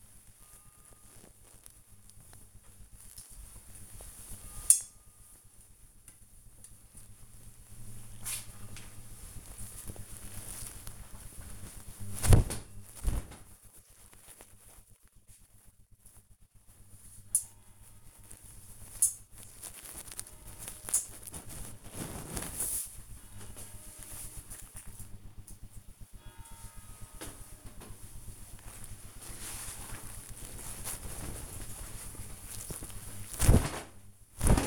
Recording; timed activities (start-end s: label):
household activities, microphone on the right wrist
0.00-22.71 s: hanging up laundry
27.75-34.67 s: hanging up laundry